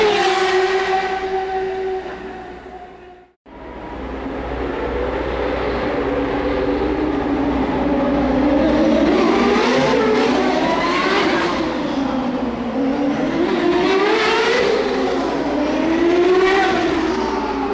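Turbocharged V8 race cars drone steadily, cut out briefly near three seconds, then return, their engine pitch repeatedly sweeping up and down.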